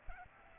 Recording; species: mosquito wingbeat signal from an infrared sensor; Aedes aegypti